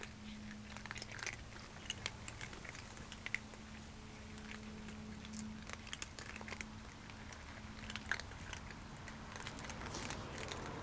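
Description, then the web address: Cat eating, with irregular crisp clicks and crunches of chewing scattered throughout, over a steady low hum. Cat feeding; ambisonic recording, low-frequency effects (LFE) channel; dated 3 December 2009. "20091203. donna Cat Feeding"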